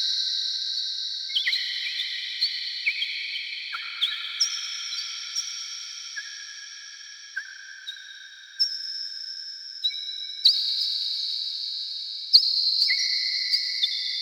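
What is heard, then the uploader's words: An echoing, synthetic rainforest ambience made of sustained high whistling tones that hold steady, then step to new pitches every second or two. Short bright clicks and chirps punctuate the layered drones at irregular moments, with nothing in the low range. Echoing Sci-Fi Rainforest Ambience.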